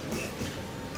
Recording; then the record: coughing mixed with background sound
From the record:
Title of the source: Spring Cold Coughing 2